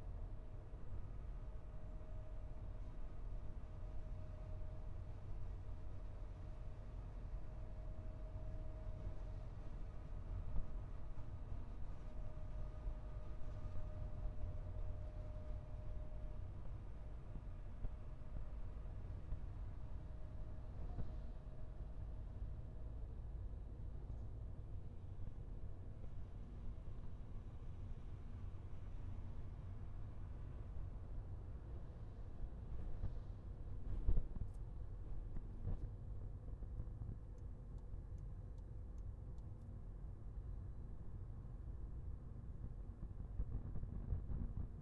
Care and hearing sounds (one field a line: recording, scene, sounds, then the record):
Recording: everyday scene through a hearing-aid microphone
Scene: in a vehicle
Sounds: engine, highway driving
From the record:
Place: Skoda Fabia, gasoline engine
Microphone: behind the ear, left, front